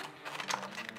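The second filter canister is twisted counterclockwise onto the threaded filter port of an Avon M50 gas mask respirator, with the tab pulled as it turns. Crinkly plastic handling and rubbing lead to a sharp click at 0.9 s as the canister locks into place.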